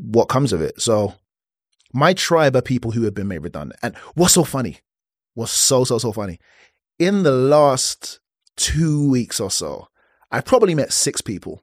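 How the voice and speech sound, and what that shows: An adult man speaks conversationally in short bursts separated by frequent pauses. He repeats a word three times ("so so so"), repeats a whole phrase, and stretches a sound in "two". These repetitions and prolongations fit a mild stutter.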